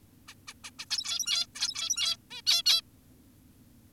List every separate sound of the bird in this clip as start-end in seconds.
0.28-0.34, 0.48-0.54, 0.64-0.71, 0.79-0.85, 0.91-1.46, 1.55-2.17, 2.31-2.42, 2.47-2.63, 2.66-2.82